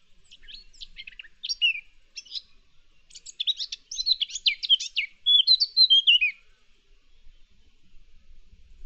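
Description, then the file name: Eurasian blackcap song building from soft, scattered twittering into a louder, quick, varied warble that ends after about six seconds, followed by quiet. "Sylvia atricapilla"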